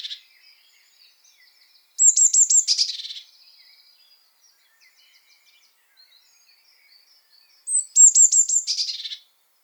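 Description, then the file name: Eurasian blue tit call: bright high notes dropping into a buzzy scolding chatter, heard twice roughly six seconds apart, with faint ticks in between. "Cyanistes caeruleus"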